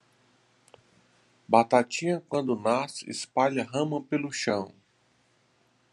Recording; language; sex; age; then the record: short text; Brazilian Portuguese; male; 50 to 59 years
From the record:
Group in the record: control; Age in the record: 50 years